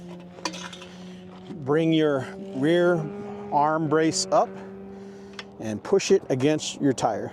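The rear support arm brace of a hitch-mounted e-bike rack, with a steel ratchet, is lifted and pushed against the bike tire while someone talks. Short sharp sounds come near 0.4 s, 0.5 s and 5.4 s, but the ratchet has not clicked into place yet and nothing has seated.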